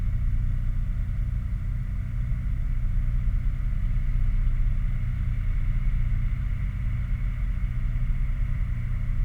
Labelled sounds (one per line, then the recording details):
machinery
flare stack
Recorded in the Prudhoe Bay oil fields, Alaska, on 11 August 2019 at 22:11
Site 29